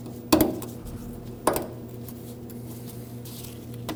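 Plastic retaining clips along the wire of a rear ABS wheel speed sensor on a 2009-2014 Ford F-150 are pushed into their holes in the frame and brackets. Loud, sharp pops ring out at 0.3 s and 1.5 s as the clips seat, with a few fainter ticks around them over a low steady hum.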